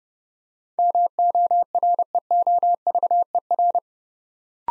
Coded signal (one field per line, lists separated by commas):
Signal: Morse code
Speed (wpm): 30 wpm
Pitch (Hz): 700 Hz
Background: none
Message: MOREOVER